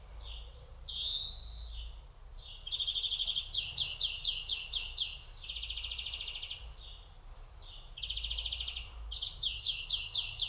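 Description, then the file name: European greenfinch giving a nasal rising wheeze, then rapid stuttering trills and twitters in quick succession. "Chloris chloris"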